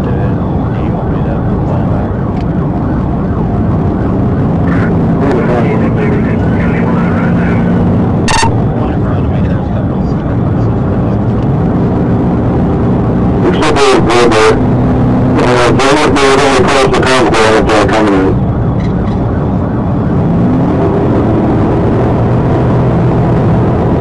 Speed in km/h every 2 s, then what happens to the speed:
142, 140, 147, 153, 151, 151, 161, 164, 163, 143, 153, 158.
0-13 speeds up to 164. 16-18 brakes to 143. 18-24 speeds up to 158.